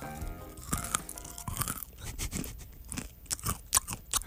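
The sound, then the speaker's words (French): Crunchy chewing of a dry cereal grain mix with dark chocolate, sprinkled into the mouth, a string of irregular brittle crackles and crunches at a steady chewing rhythm, fairly loud with no talking. “Ah oui, hein, c'est croquant à souhait.”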